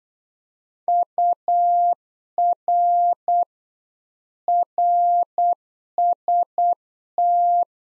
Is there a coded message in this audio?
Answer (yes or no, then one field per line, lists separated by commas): yes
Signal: Morse code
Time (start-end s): 0.9-7.6 s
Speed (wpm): 8 wpm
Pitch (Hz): 700 Hz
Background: none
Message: UR RST